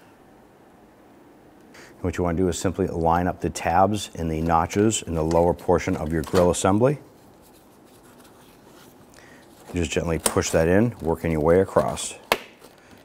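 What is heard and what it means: Someone talks while lining up the tabs of a plastic lower grille trim molding for a 2006–2012 Toyota RAV4 with the notches in the lower grille assembly, then begins to gently push it in. Only faint handling noises are heard between the talking, including a couple of brief soft ticks around 9.1–9.2 seconds. Nothing has snapped into place yet.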